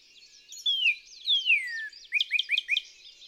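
Northern cardinal song: two sweeping downslurred whistles, then four fast rising notes, set against continuous soft chatter of other birds.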